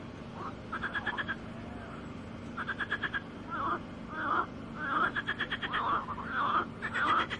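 Frogs calling in chorus: quick rattling pulse trains mixed with repeated croaks, growing denser toward the end.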